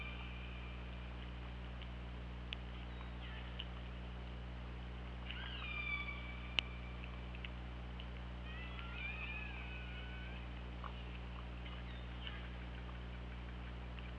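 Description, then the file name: Killer whale pulsed calls, an upswept harmonic call followed by a wavering call, scattered clicks, steady low hum throughout. OrcaLab hydrophone, 24 August 2017 at 21:20. "Orca Lab UTLN JASON 20170824 212030 h 2 LL ORCALABDYNI"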